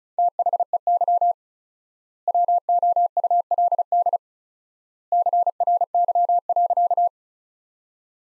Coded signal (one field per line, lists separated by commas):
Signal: Morse code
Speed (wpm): 35 wpm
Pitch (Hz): 700 Hz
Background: none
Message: THEY WOULD CRY.